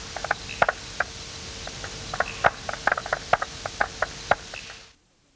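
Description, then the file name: Striped marsh frog calls: many short, sharp 'tok' notes popping irregularly over a steady hum that cuts off abruptly at the end. "Limnodynastes peronii"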